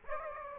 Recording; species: mosquito wingbeat signal from an infrared sensor; Aedes aegypti